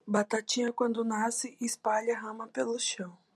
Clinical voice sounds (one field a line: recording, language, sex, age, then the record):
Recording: short text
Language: Brazilian Portuguese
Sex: female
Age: 70 to 79 years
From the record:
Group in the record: control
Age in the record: 79 years